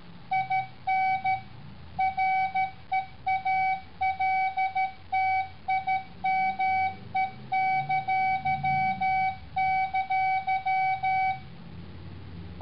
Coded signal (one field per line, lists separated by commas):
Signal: Morse code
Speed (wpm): 13 wpm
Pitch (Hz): 760 Hz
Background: none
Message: IN REALTIME!!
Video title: Morse-it